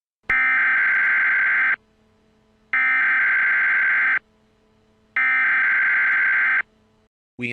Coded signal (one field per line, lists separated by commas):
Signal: Emergency Alert System (SAME) tones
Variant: header bursts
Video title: EAS scenario- Hacked.